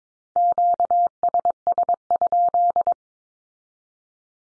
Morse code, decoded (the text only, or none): QSS?